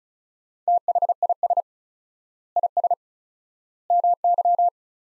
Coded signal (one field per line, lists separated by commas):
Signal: Morse code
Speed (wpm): 34 wpm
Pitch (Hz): 700 Hz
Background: none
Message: THIS IS MY